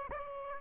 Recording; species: mosquito wingbeat signal from an infrared sensor; Aedes aegypti